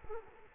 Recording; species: mosquito wingbeat signal from an infrared sensor; Culex quinquefasciatus